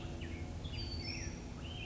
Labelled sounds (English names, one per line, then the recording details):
Black-headed Grosbeak
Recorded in Sonoma County, California